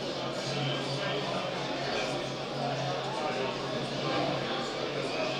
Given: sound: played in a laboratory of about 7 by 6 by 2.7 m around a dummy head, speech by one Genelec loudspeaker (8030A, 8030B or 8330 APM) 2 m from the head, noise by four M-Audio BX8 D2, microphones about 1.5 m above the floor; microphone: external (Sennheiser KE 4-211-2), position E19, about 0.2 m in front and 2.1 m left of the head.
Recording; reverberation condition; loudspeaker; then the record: cafeteria noise; medium; four, about 170 cm from the corners of the room and facing them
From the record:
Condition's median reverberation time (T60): about 510 ms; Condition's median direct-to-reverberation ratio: about -0.5 dB